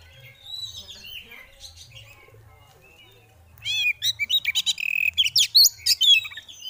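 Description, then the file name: Oriental magpie-robin: faint scattered twittering at first, then from about four seconds a loud, fast sequence of sharp whistles and chattering notes with low background hum. Female, singing in ngeriwik and ngeplong styles. "Terapi Suara Burung Kacer Betina Ngeriwik Ngeplong"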